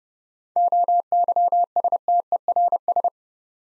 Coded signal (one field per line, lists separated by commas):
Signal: Morse code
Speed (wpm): 30 wpm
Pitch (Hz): 700 Hz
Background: none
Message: OYSTERS